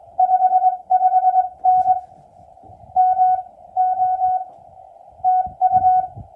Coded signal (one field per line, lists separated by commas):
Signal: Morse code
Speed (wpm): 21 wpm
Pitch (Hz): 690 Hz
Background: none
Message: 55N M O TU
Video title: CW POTA-Activation US-3062